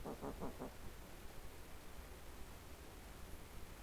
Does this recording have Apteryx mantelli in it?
no